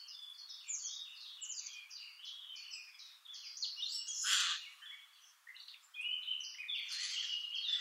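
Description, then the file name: Eurasian blackcap song: a fast, scratchy warble of high, varied notes, with a brief loud burst midway and a brighter warbling phrase near the end. "Sylvia atricapilla"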